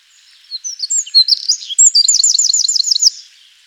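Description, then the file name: Eurasian wren song: quick, shrill jumbled notes building into a fast, even trill, the whole phrase roughly two and a half seconds long against near silence. "Troglodytes troglodytes"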